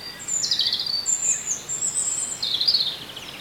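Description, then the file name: European robin song: continuous high warbling of thin whistles, slides and trills across the whole stretch. "Erithacus rubecula"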